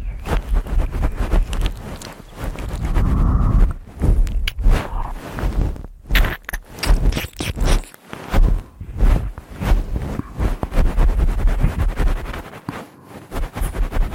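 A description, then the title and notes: Wet ear licking and ear cleaning sounds fill the recording: a dense, irregular stream of smacks, clicks and squelches. The texture stays busy throughout, with brief quiet gaps around six and eight seconds and a low muffled rumble underneath. ASMR Ear Licking Ear Cleaning.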